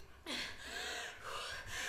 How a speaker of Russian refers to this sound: … кривит лицо от боли, тяжело дышит.